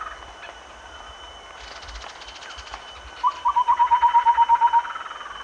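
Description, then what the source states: Chestnut-winged babbler giving a fast series of soft, low hoots near the end. Recorded at Danum on 1 April 2006.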